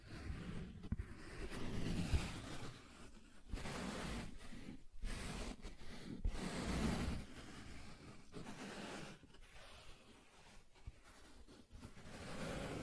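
Soft tracing strokes drag across smooth and rough surfaces in a steady, hushed rustle, something like a whooshing wash. The strokes run in long sweeps broken by brief silent gaps every second or two, with a low rumble underneath and gritty texture varying between passes.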